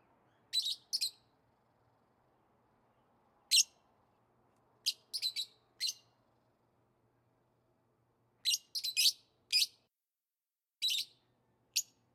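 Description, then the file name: Yellow-collared lovebird giving sharp, high squeaky chirps singly or in short clusters, separated by pauses of a few seconds, with otherwise quiet surroundings. "Masked lovebirds"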